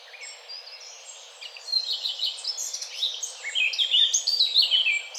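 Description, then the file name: Eurasian blackcap song: a dense, fast warble of bright twittering notes that builds in loudness through the second half. "Sylvia atricapilla"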